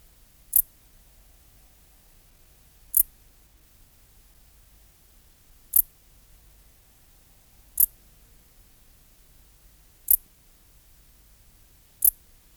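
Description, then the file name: Pholidoptera fallax song: six brief, sharp, very high chirps repeated about every two to three seconds in near silence. "Pholidoptera fallax"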